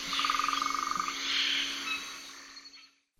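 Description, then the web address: Little woodpecker giving a rapid, evenly spaced series of many clear notes lasting about a second. South America, eastern lowlands. "Natures Songs S America Eastern Lowlands. Little Woodpecker"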